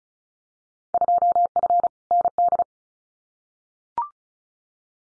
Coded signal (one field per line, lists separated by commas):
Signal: Morse code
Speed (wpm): 36 wpm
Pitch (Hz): 700 Hz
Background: none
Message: 2F ND